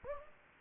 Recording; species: mosquito wingbeat signal from an infrared sensor; Anopheles gambiae